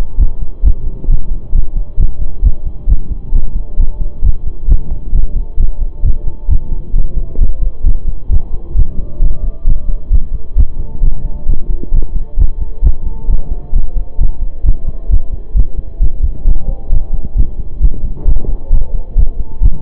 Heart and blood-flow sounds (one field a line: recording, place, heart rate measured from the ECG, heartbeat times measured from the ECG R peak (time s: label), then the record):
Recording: heart sounds by stethoscope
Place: between the tricuspid and mitral areas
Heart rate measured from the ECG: 133 bpm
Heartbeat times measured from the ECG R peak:
0.18 s: heartbeat
0.64 s: heartbeat
1.08 s: heartbeat
1.53 s: heartbeat
1.98 s: heartbeat
2.43 s: heartbeat
2.88 s: heartbeat
3.33 s: heartbeat
3.78 s: heartbeat
4.23 s: heartbeat
4.68 s: heartbeat
5.13 s: heartbeat
5.58 s: heartbeat
6.03 s: heartbeat
6.49 s: heartbeat
6.94 s: heartbeat
7.39 s: heartbeat
7.84 s: heartbeat
8.30 s: heartbeat
8.75 s: heartbeat
9.20 s: heartbeat
9.65 s: heartbeat
10.11 s: heartbeat
10.56 s: heartbeat
11.02 s: heartbeat
11.47 s: heartbeat
11.92 s: heartbeat
12.38 s: heartbeat
12.83 s: heartbeat
13.28 s: heartbeat
13.74 s: heartbeat
14.19 s: heartbeat
14.64 s: heartbeat
15.10 s: heartbeat
15.55 s: heartbeat
16.00 s: heartbeat
16.45 s: heartbeat
16.90 s: heartbeat
17.36 s: heartbeat
17.81 s: heartbeat
18.26 s: heartbeat
18.71 s: heartbeat
19.16 s: heartbeat
19.62 s: heartbeat
From the record:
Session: pedaling a stationary bicycle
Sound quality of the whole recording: saturated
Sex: male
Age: 25 years